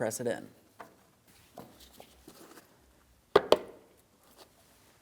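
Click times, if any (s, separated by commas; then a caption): 3.4 s, 3.5 s. A fog lamp assembly for a 2007-2014 GMC Sierra 2500 HD is pressed into its opening in the truck's front bumper while someone talks. Two sharp snaps are heard at 3.4 s and 3.5 s as its plastic locking tabs snap in, and the assembly is seated.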